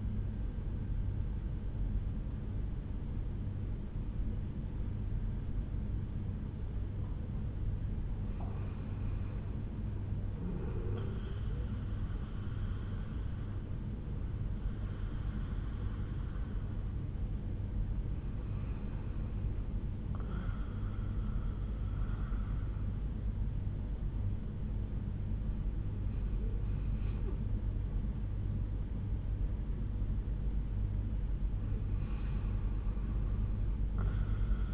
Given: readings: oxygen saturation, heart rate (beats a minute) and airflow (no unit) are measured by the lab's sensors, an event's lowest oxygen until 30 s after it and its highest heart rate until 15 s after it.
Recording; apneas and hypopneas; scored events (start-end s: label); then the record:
breathing in sleep by a smartphone at the bedside; none
3.00-34.74 s: new sleep stage, N1 (lightest sleep)
From the record:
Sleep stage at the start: REM sleep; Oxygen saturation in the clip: 69 to 94%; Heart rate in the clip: 68 to 89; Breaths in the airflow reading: 4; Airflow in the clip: -5.9 to 7.9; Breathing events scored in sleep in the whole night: 368 in 8.0 hours asleep